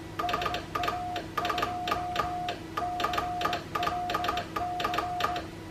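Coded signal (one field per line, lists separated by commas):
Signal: Morse code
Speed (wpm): 18 wpm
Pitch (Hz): 710 Hz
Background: none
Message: SA2CLC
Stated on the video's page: CW contact on a homebuilt replica WW2 Paraset spy radio: one-tube transmitter, two-tube regenerative receiver.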